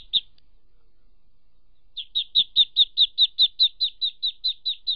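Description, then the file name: Duckling peeps, one lone high chirp followed after a pause by a steady run of about sixteen rapid, evenly spaced peeps. "Tieng vit con keu"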